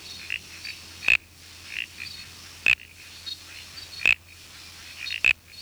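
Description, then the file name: Uperoleia mimula toadlet giving four short, sharp clicking calls about every one and a half seconds, fainter notes scattered between, over a low steady hum. "Uperoleia mimula"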